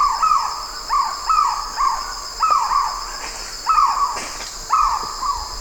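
White-rumped kingfisher: a string of harsh calls roughly every second, with a steady high buzzing throughout.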